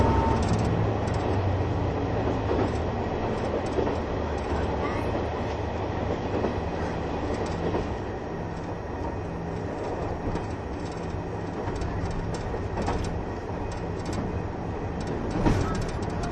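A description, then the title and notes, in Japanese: A KiHa 71 Yufuin no Mori diesel train runs steadily, its low engine rumble constant under faint clicks and occasional brief squeaks. キハ71系 ゆふいんの森03号02 日田～由布院。走行音(音の旅)。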